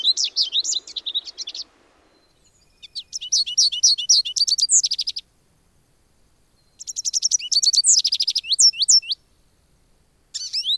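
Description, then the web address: Goldfinch song in several long, rapid twittering phrases of liquid, jingling notes separated by short pauses, with a faint low rustle early on. "Wildlife Sounds. Goldfinch"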